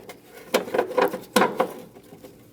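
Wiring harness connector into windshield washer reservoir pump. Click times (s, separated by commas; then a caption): 1.4 s. A wiring harness connector is pushed down onto the windshield washer reservoir pump on a 2003-2026 Chevrolet Express 2500. Several short knocks and rattles are heard, with the sharpest click at 1.4 seconds as the connector seats and locks on.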